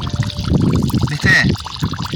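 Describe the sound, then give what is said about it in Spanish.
Oil pours and gurgles steadily for a couple of seconds, with a brief rising, whistly note midway as the flow bubbles, while muffled voices murmur underneath. “Petróleo, che, en las napas internas del acuífero. ¿Viste cómo suena?”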